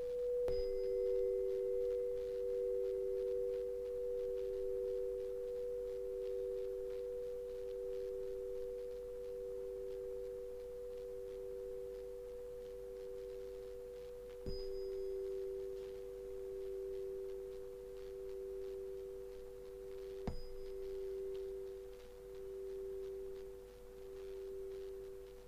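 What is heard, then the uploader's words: Hypnotic chimes ring as a pair of steady, pure mid-pitched tones that hum without a break for the whole stretch, gently pulsing against each other. Sharp bright strikes sound near the start and again around fifteen and twenty seconds, each briefly adding a high ring. There is no talking or other audio elements. Hypnotic chimes.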